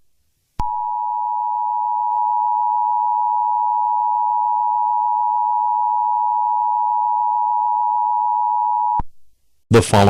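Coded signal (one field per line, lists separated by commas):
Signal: Emergency Alert System (SAME) tones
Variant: 853 and 960 Hz attention tone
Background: speech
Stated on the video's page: Imaginary EAS scenario, a fictional creation using authentic EAS tones.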